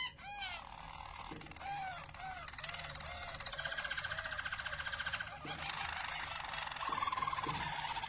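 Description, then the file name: Harz Roller canary song, looping notes followed by long rolling trills. Belgian Harz Roller canary. "canto do canario belga harz roller"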